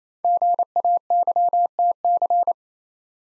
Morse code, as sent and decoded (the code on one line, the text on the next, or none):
--. .- -.-- - -.-.
GAYTC